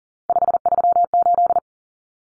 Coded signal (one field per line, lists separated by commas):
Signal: Morse code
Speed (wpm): 40 wpm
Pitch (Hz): 700 Hz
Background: none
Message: 538